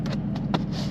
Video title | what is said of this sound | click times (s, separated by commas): Banks iDash DataMonster & Super Gauge Install w/ZZPerformance Pillar Pod! ZL1 Camaro! | a-pillar installed snapped into place pretty good maybe a tiny bit more of a gap here but I mean I | 0.1 s, 0.4 s, 0.5 s